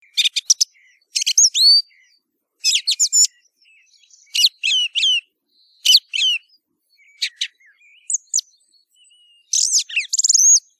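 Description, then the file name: Thrush singing: short, high, varied phrases of sharp notes and quick whistles, some repeated, separated by brief silent pauses. "Tordo franc"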